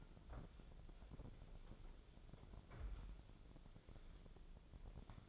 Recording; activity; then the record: daily activity, microphone in the room; wipe stove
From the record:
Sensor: 5